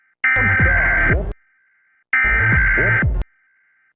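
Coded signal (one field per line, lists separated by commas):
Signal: Emergency Alert System (SAME) tones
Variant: header bursts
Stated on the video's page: Edited compilation of EAS alarms attributed to various countries, humorous edit.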